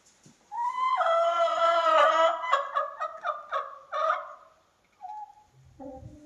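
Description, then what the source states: Chicken cackling: a long loud drawn-out call breaking into a rapid run of repeated notes, then a couple of short clucks. Hens cackling while eating in the recordist's own henhouse.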